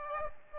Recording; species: mosquito wingbeat signal from an infrared sensor; Aedes albopictus